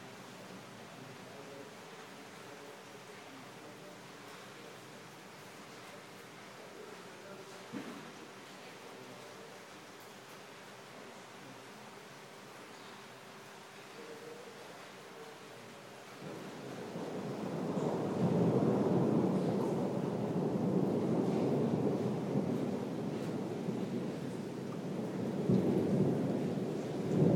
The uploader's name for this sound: Rain at Berlin